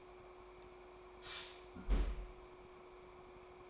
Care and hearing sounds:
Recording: daily activity, microphone in the room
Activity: close fridge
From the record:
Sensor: 1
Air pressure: 1004.6 hPa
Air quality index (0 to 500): 192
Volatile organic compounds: 16 ppm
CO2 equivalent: 2541 ppm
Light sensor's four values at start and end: 5/11/4/4 and 5/12/4/4

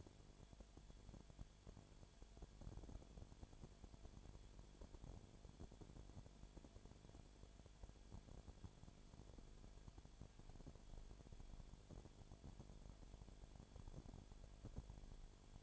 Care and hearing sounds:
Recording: daily activity, microphone in the room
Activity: no activity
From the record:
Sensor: 5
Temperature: 19.9 degrees Celsius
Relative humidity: 37.1%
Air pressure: 1007.4 hPa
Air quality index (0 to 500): 84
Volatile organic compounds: 1 ppm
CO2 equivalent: 958 ppm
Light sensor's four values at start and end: 2/3/1/1 and 2/3/1/1

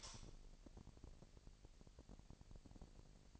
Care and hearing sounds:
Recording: daily activity, microphone in the room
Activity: light on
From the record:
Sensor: 5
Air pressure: 1002.0 hPa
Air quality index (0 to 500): 226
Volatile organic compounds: 29 ppm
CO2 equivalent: 2942 ppm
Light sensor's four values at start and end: 15/35/14/16 and 15/37/15/16

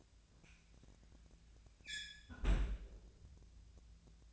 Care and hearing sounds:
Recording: daily activity, microphone in the room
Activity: close fridge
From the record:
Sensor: 2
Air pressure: 1009.5 hPa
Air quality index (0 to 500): 183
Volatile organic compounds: 11 ppm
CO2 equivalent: 2283 ppm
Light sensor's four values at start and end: 27/65/28/31 and 27/65/28/31

